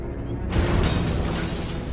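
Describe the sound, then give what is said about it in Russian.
A distant gas explosion, heard from far away, of gas released through opened valves aboard a ship: after a brief low hiss, a broad roaring burst erupts and settles into a heavy, sustained rumble that stays loud to the end, shattering windows somewhere, with no voices. “Взрыв я услышал уже будучи далеко. Где-то выбило стекла.”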